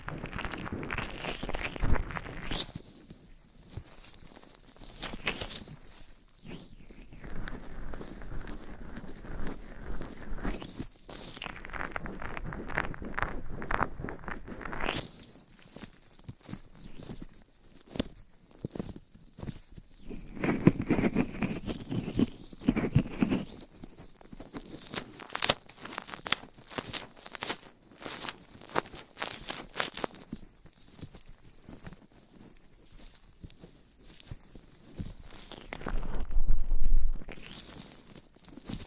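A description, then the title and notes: Scratching and brushing against a microphone, in uneven bursts of rough, scraping strokes that start and stop throughout. Some passages are dense and fast, others sparse with short quiet gaps. A louder, heavier rub comes near the end, around 35 seconds. ASMR Massage for Your Ears Mic Scratching - Brushing - Ear Attention Asmr No Talking for Sleep.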